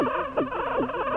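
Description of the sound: A steady, repeating warbling sweep pulses about two to three times a second, very regular and rhythmic: EEG brain activity of an adult woman rendered as sound in the midst of a seizure. Brain sounds become much more rhythmic and the heart rate significantly faster, while she lies quietly in bed; the seizure may go unnoticed.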